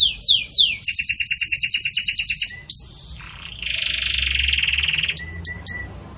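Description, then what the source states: Belgian canary singing downslurred whistles, a rapid doubled trill, a rising whistle, then a long low buzzy roll and a few spaced notes. Belgian canary; pure "campainha" song with pauses, for training.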